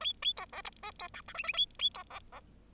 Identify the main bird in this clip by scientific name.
Lonchura striata domestica